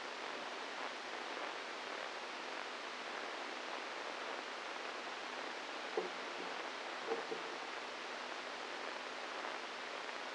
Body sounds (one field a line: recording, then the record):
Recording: brain microelectrode recording played as sound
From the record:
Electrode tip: inside the subthalamic nucleus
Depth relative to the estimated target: 1 mm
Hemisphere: right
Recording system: NeuroSet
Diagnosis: Parkinson's disease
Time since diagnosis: 8 years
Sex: male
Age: 46 years